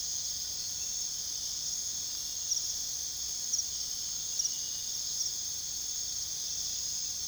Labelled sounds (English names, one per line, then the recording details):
none
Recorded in pastures near Puerto Asís, Putumayo, Colombia, on 20 February 2024 at 04:00
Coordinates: 0.486, -76.323
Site G6462